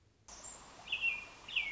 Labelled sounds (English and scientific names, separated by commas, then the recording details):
American Robin (Turdus migratorius)
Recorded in Sonoma County, California